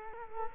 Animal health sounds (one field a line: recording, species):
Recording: mosquito wingbeat signal from an infrared sensor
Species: Culex quinquefasciatus